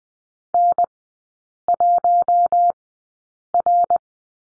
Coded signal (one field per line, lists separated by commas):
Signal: Morse code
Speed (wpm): 20 wpm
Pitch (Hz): 700 Hz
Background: none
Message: N1R